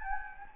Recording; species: mosquito wingbeat signal from an infrared sensor; Anopheles gambiae